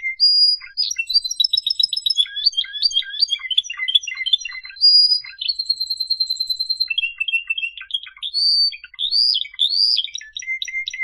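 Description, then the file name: Canary song of fast trills and buzzy rolls changing every second or two, ending in rising whistled notes. "Canary Voice"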